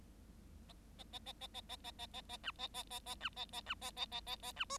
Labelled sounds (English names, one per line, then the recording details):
Bengalese Finch song
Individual Bird7